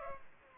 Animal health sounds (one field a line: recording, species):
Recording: mosquito wingbeat signal from an infrared sensor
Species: Culex pipiens